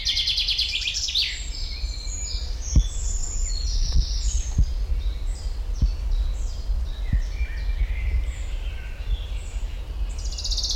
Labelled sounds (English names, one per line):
Common Chaffinch